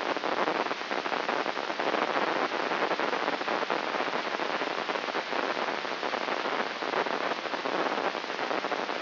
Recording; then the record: brain microelectrode recording played as sound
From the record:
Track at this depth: inside the subthalamic nucleus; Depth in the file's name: 5.629 mm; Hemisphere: left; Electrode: 3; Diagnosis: Parkinson's disease